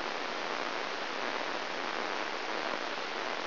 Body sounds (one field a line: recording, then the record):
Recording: brain microelectrode recording played as sound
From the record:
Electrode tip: inside the subthalamic nucleus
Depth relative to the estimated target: 0.4 mm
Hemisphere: right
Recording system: AlphaMap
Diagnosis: Parkinson's disease